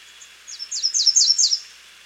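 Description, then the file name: American redstart singing a brief run of sharp, high notes, each slurring downward, repeated about five times in quick succession. "Setophaga ruticilla - American Redstart"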